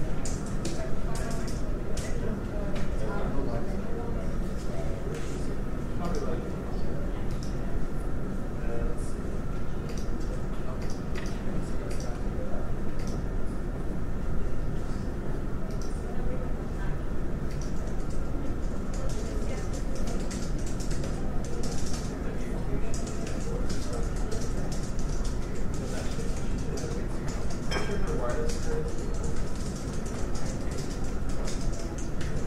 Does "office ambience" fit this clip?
yes